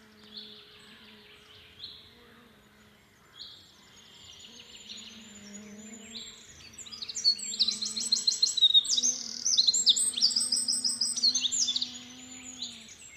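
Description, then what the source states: Eurasian wren song: soft high phrases at first, then a loud burst of fast ringing trills and rattling notes, over a constant low hum. Called by the nickname peukku; has strong legs and struggles to escape during ringing.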